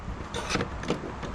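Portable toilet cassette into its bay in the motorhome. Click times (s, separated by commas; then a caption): 0.6 s, 0.9 s. An emptied plastic toilet cassette is slid wheels-first back into its bay in an Elddis 185 Signature motorhome, with a scraping slide followed by sharp latch clicks at 0.6 s and 0.9 s. The cassette is seated, clicked back into place.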